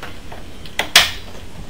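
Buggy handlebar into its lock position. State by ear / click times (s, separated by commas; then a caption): seated / 1.0 s. A buggy handlebar is turned over and moved until it locks into its position. A small tick at 0.8 s comes just before a sharp, bright click at 1.0 s as the handlebar locks in. A fainter knock follows near 1.7 s.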